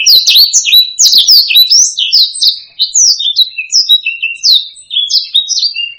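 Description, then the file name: Black-throated laughingthrush song: a rapid, continuous stream of varied chirps and slurred whistled notes, high-pitched and jumping up and down in pitch. "suara kicauan burung blacksang. omkicau"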